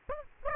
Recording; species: mosquito wingbeat signal from an infrared sensor; Aedes aegypti